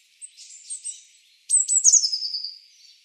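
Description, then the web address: Eurasian blue tit: small bird giving a few faint high notes, then a louder burst of sharp notes running into a descending trilled chatter. "cianscape. Deverinetal"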